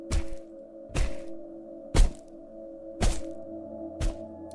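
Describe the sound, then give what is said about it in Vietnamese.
Five heavy, evenly spaced chops of a knife striking a wooden room door, each a sharp thwack with a deep thud, over a steady low hum with no voices. “Sau đó là con dao nó bổ mạnh vào cánh cửa gỗ.”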